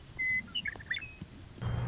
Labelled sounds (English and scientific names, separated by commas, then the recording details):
Western Meadowlark (Sturnella neglecta)
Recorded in Sonoma County, California